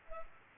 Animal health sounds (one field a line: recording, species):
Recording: mosquito wingbeat signal from an infrared sensor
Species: Culex pipiens